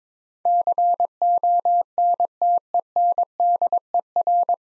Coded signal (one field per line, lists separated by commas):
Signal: Morse code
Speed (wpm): 21 wpm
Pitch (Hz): 700 Hz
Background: none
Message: CONTENDER